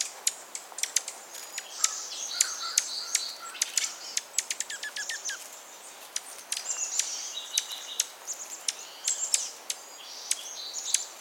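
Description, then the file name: Dark-eyed junco giving sharp, high chip calls in an irregular scattered series, mixed with brief twittering notes and faint high tinkling sounds. Oregon group of Dark-eyed Junco. "Junco hyemalis Oregon group - Dark-eyed Junco"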